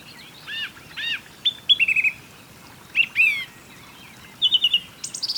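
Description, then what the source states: Birds singing clear, high whistled phrases and quick chirps, with pauses between, over a soft low background hiss. Birds singing beside a small river.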